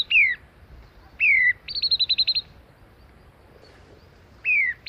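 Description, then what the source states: Common babbler whistles: three clear descending slurred notes, plus a quick series of about seven short piping notes, over faint background noise. Forages in flocks in dry open country and semi-desert scrublands; when agitated or disturbed, whistles in a not so orchestrated chorus, twitching tails and wings, hopping from bush to bush.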